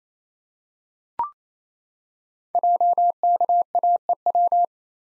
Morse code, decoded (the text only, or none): JKAEW